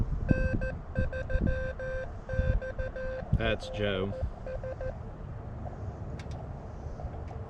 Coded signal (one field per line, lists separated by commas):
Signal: Morse code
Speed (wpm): 14 wpm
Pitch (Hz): 520 Hz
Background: speech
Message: N3XLS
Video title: CW #POTA at K-7882 on February 16, 2023 - Elecraft KX2 Maiden Voyage & Read The Friggin’ Manual RTFM